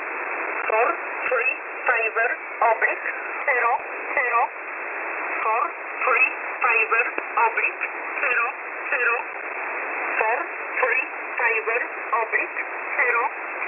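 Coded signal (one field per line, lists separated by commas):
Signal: numbers station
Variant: E11 (Oblique)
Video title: E11 number station 5150 kHz USB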